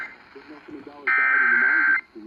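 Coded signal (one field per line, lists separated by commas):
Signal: Emergency Alert System (SAME) tones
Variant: header bursts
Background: speech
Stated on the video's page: Los Angeles required monthly tests.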